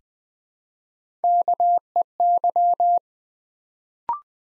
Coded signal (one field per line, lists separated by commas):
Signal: Morse code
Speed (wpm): 20 wpm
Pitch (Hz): 700 Hz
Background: none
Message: KEY